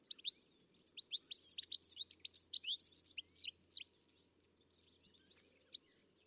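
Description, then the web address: Bird song: quick series of high chirping notes in a lively run, then fading to scattered faint notes, over a soft background hiss. "Deverinetal. Bird Only"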